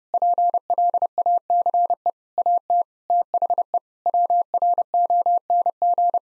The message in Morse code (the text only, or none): PLACE AT THE WRONG